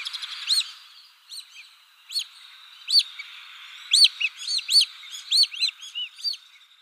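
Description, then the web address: Alpine Swift calls: short sharp arched chirps given singly and in quick bursts, irregularly spaced, over a faint steady hiss. "Schulze Peter Alpine Swift"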